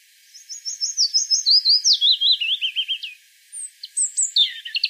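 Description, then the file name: European robin singing a fast descending sequence of high rippling notes, a pause, then a brief burst of sharp, thin whistles. "Erithacus rubecula"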